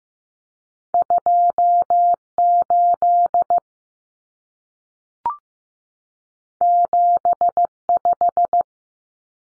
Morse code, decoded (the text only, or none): 28 75